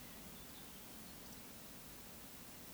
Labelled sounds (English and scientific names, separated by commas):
Eurasian Woodcock (Scolopax rusticola) whistle